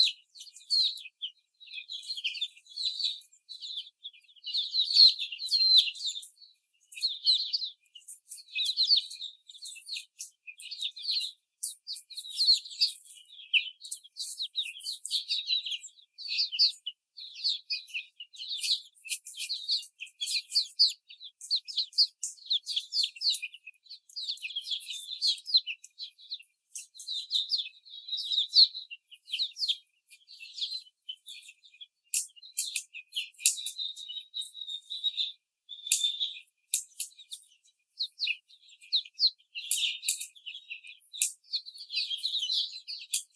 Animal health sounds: young laying hens in a cage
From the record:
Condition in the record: before the stressor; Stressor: simulated dog barking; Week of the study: 4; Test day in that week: 3

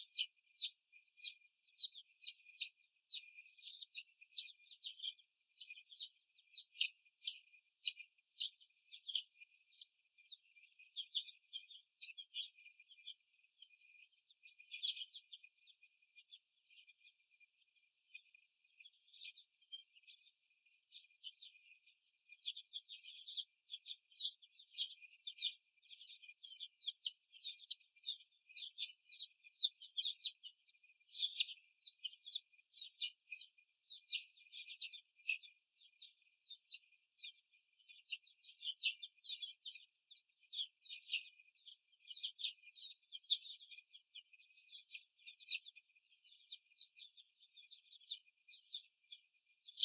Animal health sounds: young laying hens in a cage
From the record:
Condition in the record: after the stressor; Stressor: simulated dog barking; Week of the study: 1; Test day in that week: 2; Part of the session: 1

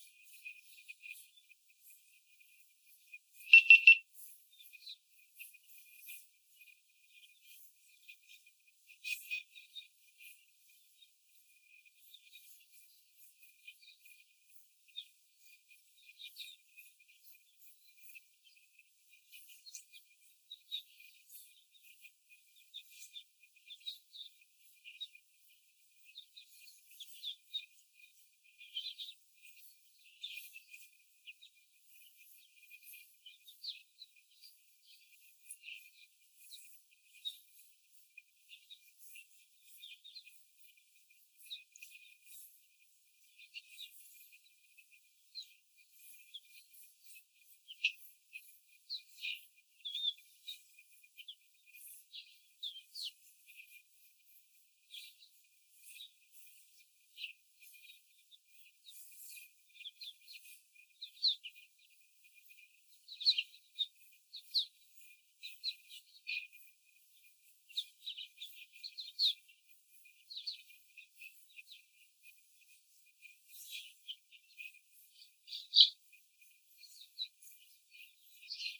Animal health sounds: young laying hens in a cage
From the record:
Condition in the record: after the stressor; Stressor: simulated dog barking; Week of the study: 4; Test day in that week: 1

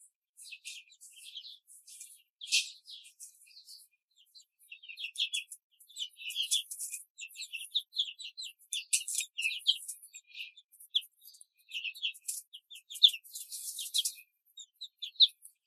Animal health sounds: young laying hens in a cage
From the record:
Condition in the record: control cage, before the stress test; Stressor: none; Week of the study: 4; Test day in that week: 3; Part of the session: 3

